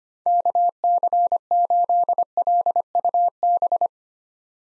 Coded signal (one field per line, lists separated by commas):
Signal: Morse code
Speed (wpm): 25 wpm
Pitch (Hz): 700 Hz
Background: none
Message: KC8LUB